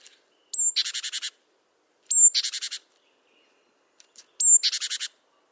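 Great tit call: a sharp high whistled note followed by a harsh buzzy rattle of about six pulses, repeated three times.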